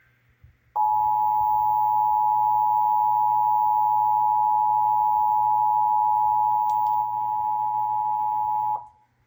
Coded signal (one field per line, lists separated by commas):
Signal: Emergency Alert System (SAME) tones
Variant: 853 and 960 Hz attention tone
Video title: (EAS #786-793) January 2025 Texas Required Monthly Test